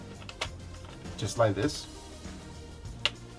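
A metal-finish mount piece for a BenQ ScreenBar e-Reading LED Task Lamp monitor light bar is pushed into its slot in the clamp base while someone talks. A single sharp click at 3.1 s marks the piece snapping in, and the mount is seated.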